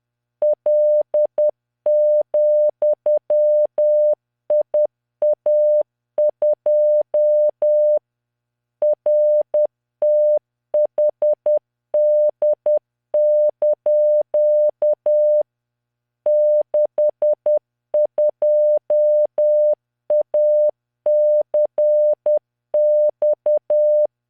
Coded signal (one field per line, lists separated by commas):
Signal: Morse code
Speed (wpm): 10 wpm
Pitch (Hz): 600 Hz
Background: none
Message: L,IA2 RTHD) 62ACX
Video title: tamanのモールス練習動画28（モールス信号 速度10WPM morse code)